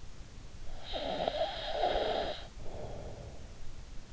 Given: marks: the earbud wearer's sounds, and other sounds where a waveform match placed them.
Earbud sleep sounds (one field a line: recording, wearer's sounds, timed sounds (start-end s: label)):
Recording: sounds in sleep by an in-ear microphone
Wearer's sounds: snoring breath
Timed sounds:
0.36-3.96 s: snoring breath